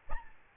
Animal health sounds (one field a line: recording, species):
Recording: mosquito wingbeat signal from an infrared sensor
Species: Aedes albopictus